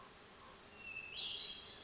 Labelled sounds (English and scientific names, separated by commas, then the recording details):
Hermit Thrush (Catharus guttatus)
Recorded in Sonoma County, California